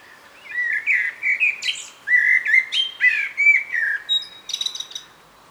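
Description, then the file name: Common blackbird delivering a long, continuous run of mellow whistled notes, ending with a brief burst of thin high twittering. "Turdus merula"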